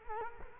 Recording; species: mosquito wingbeat signal from an infrared sensor; Culex quinquefasciatus